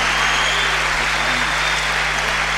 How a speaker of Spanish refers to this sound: fuerte el aplauso ahí.